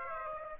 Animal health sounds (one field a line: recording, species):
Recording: mosquito wingbeat signal from an infrared sensor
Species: Aedes aegypti